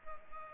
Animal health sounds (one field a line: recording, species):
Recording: mosquito wingbeat signal from an infrared sensor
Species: Culex pipiens